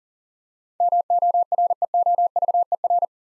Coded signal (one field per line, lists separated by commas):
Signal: Morse code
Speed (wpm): 38 wpm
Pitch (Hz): 700 Hz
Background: none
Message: MOREOVER